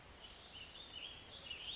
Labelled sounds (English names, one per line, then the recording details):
Western Flycatcher
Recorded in Sonoma County, California